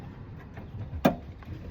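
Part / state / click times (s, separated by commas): plastic rod retaining clip into rear door latch linkage / seated / 1.1 s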